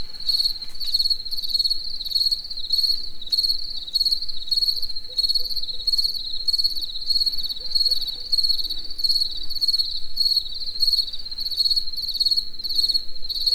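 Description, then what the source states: Cricket song: shrill, rapidly pulsed chirps repeating steadily from start to end over a quiet low rumble. Cricket in nature in the evening near the Eger tourist house.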